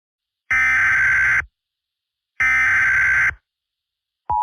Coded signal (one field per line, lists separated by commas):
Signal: Emergency Alert System (SAME) tones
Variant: header bursts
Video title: EAS Scenario:The East Coast Mega Tsunami